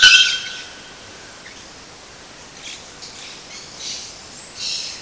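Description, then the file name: Bare-throated bellbird with a single ringing metallic note at the start, then quiet background hiss. Recorded at Sítio Cachoeira, Mogi das Cruzes, São Paulo state, Brazil, on 7-2-15. "Procnias-nudicollis-sitiocachoeira-Mogidas Cruzes SP-BR-7-2-15-ASilveira"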